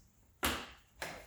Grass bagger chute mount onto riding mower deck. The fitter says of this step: this should snap right into place like this.